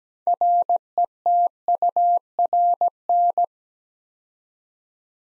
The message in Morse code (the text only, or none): RETURN